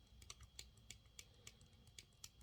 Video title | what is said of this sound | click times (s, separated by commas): Korbanth OWK4 - Ben Kenobi RTS Proffie Neopixel Lightsaber For Sale | so i can hear it clicking | 0.3 s, 0.6 s, 0.9 s, 1.2 s, 2.0 s, 2.2 s